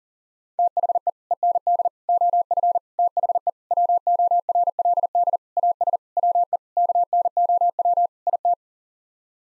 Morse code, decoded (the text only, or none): THE END OF THE WORLD AS WE KNOW IT